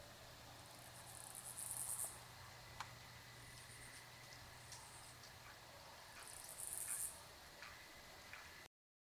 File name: Crickets Night Forest With 2 Sharp Close Cicadas Back And Forth